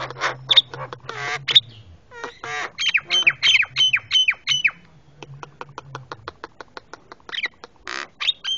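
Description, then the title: Javan myna giving a noisy run of harsh squawks, chattering notes and short whistles, some rapid and repeated, with a low steady hum underneath. Very noisy master calls used for tutoring caged birds. "Jalak Kebo Master Suara Super Berisik Buat Masteran"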